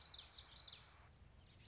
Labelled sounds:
Common Yellowthroat (Geothlypis trichas)
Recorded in Sonoma County, California

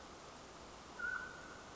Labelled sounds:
Mountain Quail (Oreortyx pictus)
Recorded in Sonoma County, California

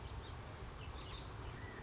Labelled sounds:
California Quail (Callipepla californica)
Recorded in Sonoma County, California

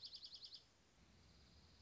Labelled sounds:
Dark-eyed Junco (Junco hyemalis)
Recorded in Sonoma County, California

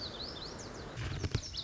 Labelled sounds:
Lazuli Bunting (Passerina amoena)
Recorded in Sonoma County, California

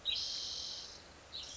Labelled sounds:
Spotted Towhee (Pipilo maculatus)
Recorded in Sonoma County, California

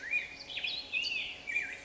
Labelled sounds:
Black-headed Grosbeak (Pheucticus melanocephalus)
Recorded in Sonoma County, California

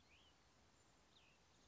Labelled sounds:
Cassin's Vireo (Vireo cassinii)
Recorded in Sonoma County, California

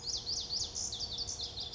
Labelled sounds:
Pacific Wren (Troglodytes pacificus)
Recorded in Sonoma County, California

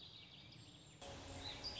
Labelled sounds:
Warbling Vireo (Vireo gilvus)
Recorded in Sonoma County, California

